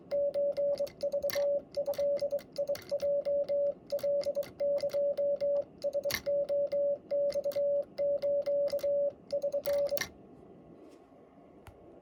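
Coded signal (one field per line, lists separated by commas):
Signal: Morse code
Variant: Japanese Wabun code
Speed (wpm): 23 wpm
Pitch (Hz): 570 Hz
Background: radio noise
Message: ソクドヲカエラレマス<SN>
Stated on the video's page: Japanese Morse code sent on a Vibroplex Lightning Bug bug key with a square weight.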